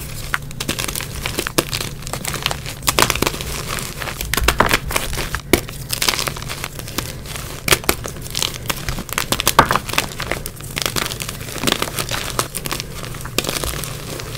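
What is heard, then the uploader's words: Continuous crushing and crumpling, a dense stream of crackles and crinkles with sharper snaps scattered through the whole stretch, a few louder bursts near the fourth, sixth and ninth seconds. A steady low hum runs underneath from start to finish. Audio only compilation of Asmr cloud crushes.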